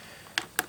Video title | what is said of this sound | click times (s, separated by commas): LEGO Speed Champions 2022 007 Aston Martin DB5 76911 Tour & Review | course this just rests in between these studs here snaps right | 0.4 s, 0.6 s